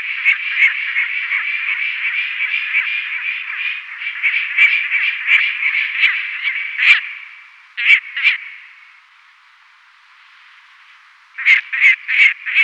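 Lanner falcon calling in a long, dense run of harsh chattering notes ending in two loud ones, then a pause, then a short burst of four loud rasping notes.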